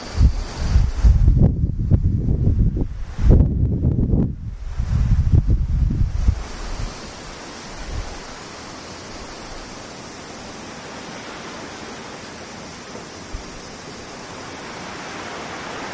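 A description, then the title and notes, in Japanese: Wind with cicadas: for the first six seconds, heavy low gusts buffet and rumble in uneven bursts. After that the wind settles into a steady, even hiss for the rest of the clip, with a faint, thin high whine running underneath throughout. セミ風音。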